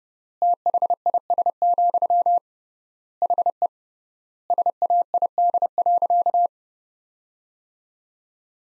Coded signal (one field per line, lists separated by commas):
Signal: Morse code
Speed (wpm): 30 wpm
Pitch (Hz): 700 Hz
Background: none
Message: THIS, HE SAID.